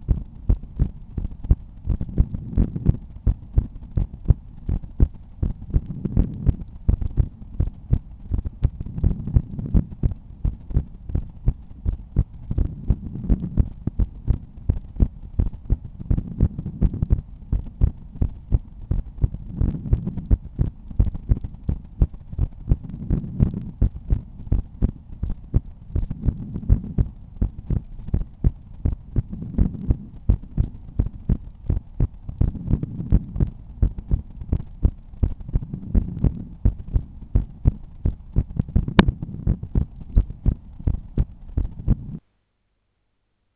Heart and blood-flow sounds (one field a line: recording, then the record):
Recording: heart sounds by stethoscope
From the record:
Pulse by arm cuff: 87 bpm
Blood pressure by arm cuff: 124/86 mmHg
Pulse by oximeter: 87 bpm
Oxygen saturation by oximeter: 97%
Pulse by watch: 82 bpm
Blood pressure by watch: 113/75 mmHg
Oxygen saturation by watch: 97%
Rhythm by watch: sinus rhythm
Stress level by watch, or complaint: low stress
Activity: after 1 min smoking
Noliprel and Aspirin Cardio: after pills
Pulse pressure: 38 mmHg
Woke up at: 6:50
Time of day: 22:08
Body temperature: 36.6 C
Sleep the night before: 8 h 16 min, score 66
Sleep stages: REM 20%, light 64%, deep 6%, awake 10%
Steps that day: 6850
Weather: rain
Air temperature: 17.2 C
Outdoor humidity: 90%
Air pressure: 1010 hPa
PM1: 1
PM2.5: 3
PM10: 3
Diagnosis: hypertension, treated with Noliprel and Aspirin Cardio 100 mg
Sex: male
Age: 53 years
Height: 174 cm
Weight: 81 kg